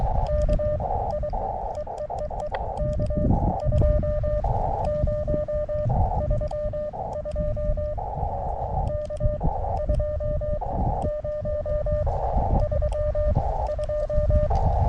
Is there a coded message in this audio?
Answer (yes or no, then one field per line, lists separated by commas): yes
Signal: Morse code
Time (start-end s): 0.3-14.5 s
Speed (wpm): 23 wpm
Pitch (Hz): 600 Hz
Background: none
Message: K I EEEE K 2032 K 2032